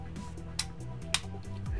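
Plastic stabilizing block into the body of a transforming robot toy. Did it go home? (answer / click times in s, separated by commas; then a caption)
yes / 0.6 s, 1.1 s. During a transforming robot toy's transformation, a plastic stabilizing block is moved forward into the toy's body and clicks into place effortlessly. Two short, sharp clicks sound at 0.6 s and 1.1 s over a steady low background hum. The block is seated.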